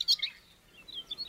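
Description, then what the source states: Siberian rubythroat song: a burst of bright, high warbled notes, then a pause and a further series of short high chirping phrases. Recorded on Teuri Island, Hokkaido.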